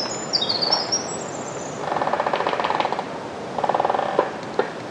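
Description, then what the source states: Winter wren song, a quick burst of high, fast-tumbling trilled notes at the start, followed by rhythmic wooden creaking and knocking sounds from trees. Mixed forest at Till's Point, Penobscot, Maine; wren singing amid creaking trees making a variety of percussive sounds.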